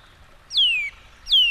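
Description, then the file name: Eurasian nuthatch giving two ringing, descending whistled notes in quick succession. "csuszka"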